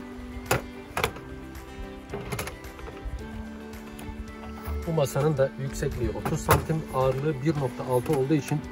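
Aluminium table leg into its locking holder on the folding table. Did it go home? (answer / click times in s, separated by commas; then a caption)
yes / 0.5 s, 1.0 s. The aluminium legs of a blue Decathlon Quechua MH100 low folding camp table for 2–4 people are opened and pushed through their holders until they lock, with sharp clicks at 0.5 s and 1.0 s as they seat into place. Softer knocks follow while music plays and someone talks.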